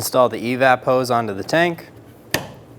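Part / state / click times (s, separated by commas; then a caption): EVAP hose quick-connect onto fuel tank port / seated / 2.3 s. An EVAP hose quick-connect fitting is pushed onto its port on a new fuel tank being installed in a 2007-2011 Toyota Camry 2.4L L4. Someone talks, then one sharp, loud click comes at 2.3 s as the fitting locks into place, and the connection is seated.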